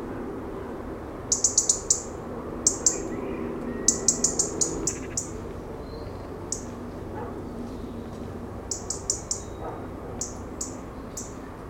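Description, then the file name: European robin calling with sharp, high ticking notes in short bursts, bunched early then spaced out irregularly. "Erithacus rubecula"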